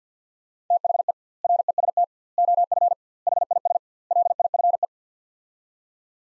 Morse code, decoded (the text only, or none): THE REST OF HIS LIFE